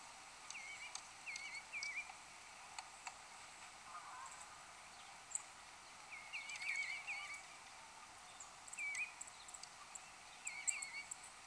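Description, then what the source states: Eastern bluebird giving soft, short warbled call notes, scattered and faint, over a steady hiss. Recorded 1 January 2015.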